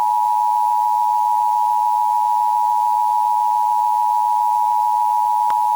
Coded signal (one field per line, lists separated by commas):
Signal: Emergency Alert System (SAME) tones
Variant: 853 and 960 Hz attention tone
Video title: EAS 3